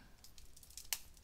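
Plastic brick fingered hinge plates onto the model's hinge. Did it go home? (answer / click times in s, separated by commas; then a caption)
yes / 0.8 s, 0.9 s. Upper and lower plastic brick hinge plates with fingered hinges are slid back onto the model's hinge amid faint plastic rustling. Two sharp clicks at 0.8 s and 0.9 s, the second much louder, mark them snapping into place. The plates are seated.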